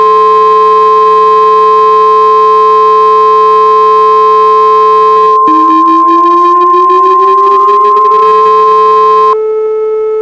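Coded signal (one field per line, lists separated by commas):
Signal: Emergency Alert System (SAME) tones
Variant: 1050 Hz attention tone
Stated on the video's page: Fictional, lighthearted EAS scenario.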